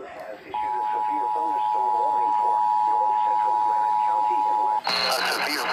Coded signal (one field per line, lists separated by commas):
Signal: Emergency Alert System (SAME) tones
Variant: 853 and 960 Hz attention tone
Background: speech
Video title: SVR GALORE 3: MAYHEM IN THE MISSOULA VALLEY... EAS Alerts from 7/21/21 (EAS #601-631)